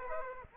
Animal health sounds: mosquito wingbeat signal from an infrared sensor; Aedes aegypti

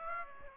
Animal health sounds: mosquito wingbeat signal from an infrared sensor; Aedes aegypti

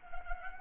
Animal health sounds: mosquito wingbeat signal from an infrared sensor; Culex pipiens

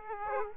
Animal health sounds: mosquito wingbeat signal from an infrared sensor; Aedes aegypti

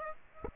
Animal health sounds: mosquito wingbeat signal from an infrared sensor; Aedes aegypti

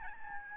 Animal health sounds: mosquito wingbeat signal from an infrared sensor; Aedes albopictus

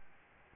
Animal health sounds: mosquito wingbeat signal from an infrared sensor; Aedes albopictus

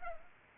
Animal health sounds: mosquito wingbeat signal from an infrared sensor; Culex pipiens

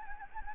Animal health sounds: mosquito wingbeat signal from an infrared sensor; Anopheles gambiae

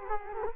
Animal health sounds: mosquito wingbeat signal from an infrared sensor; Culex quinquefasciatus

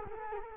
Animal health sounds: mosquito wingbeat signal from an infrared sensor; Culex quinquefasciatus

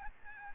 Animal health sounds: mosquito wingbeat signal from an infrared sensor; Aedes albopictus

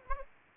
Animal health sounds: mosquito wingbeat signal from an infrared sensor; Anopheles gambiae

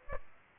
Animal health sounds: mosquito wingbeat signal from an infrared sensor; Aedes aegypti

